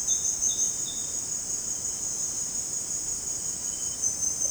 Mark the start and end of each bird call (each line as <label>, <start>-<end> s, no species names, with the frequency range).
bird call (2.9-4.2 kHz), 0.03-1.32 s